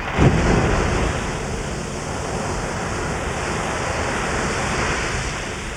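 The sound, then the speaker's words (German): The Strokkur geyser in Iceland erupts, throwing a hot water fountain up to 20 metres into the air, as it does every 5 minutes: a steady, loud rushing hiss of spraying water that holds an even roar throughout, with a brief surge right at the start and no voices. “Alle 5 Minuten schleudert sie eine heiße Wasserfontäne bis zu 20 Meter in die Luft.”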